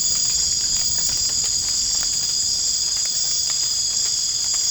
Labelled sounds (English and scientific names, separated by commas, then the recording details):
none
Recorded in dense forest near Puerto Asís, Putumayo, Colombia, on 27 June 2025 at 00:00
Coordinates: 0.481, -76.323
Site G072